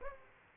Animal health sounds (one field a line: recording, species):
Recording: mosquito wingbeat signal from an infrared sensor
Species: Aedes aegypti